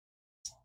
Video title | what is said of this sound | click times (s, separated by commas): Soddy Sunday Re-run, Interesting 3 tool knife, Update on Yard Sale Find | nice click back into the half stop and a real solid click into the close | 0.5 s